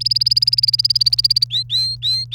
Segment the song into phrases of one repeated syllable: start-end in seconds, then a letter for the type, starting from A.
0.01-1.44 A, 1.51-2.35 B